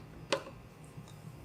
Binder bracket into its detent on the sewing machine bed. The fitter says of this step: rastet es einfach wieder dort ein, und auf diese Weise können Sie Ihren Ordner neu laden.